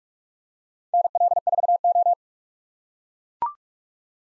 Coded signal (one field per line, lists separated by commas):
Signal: Morse code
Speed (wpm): 42 wpm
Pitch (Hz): 700 Hz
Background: none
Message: NL4O